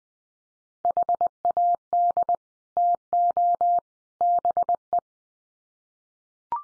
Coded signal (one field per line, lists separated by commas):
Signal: Morse code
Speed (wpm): 20 wpm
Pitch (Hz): 700 Hz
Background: none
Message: HAD TO BE